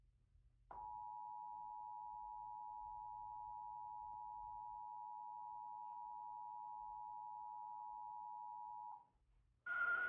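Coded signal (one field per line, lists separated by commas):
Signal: Emergency Alert System (SAME) tones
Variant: 853 and 960 Hz attention tone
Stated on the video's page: New York City Required Monthly Test originating from 1010 WINS, recorded off radio and on TV stations.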